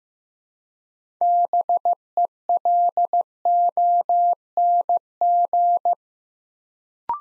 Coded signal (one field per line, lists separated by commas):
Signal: Morse code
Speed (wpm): 15 wpm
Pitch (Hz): 700 Hz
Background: none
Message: BELONG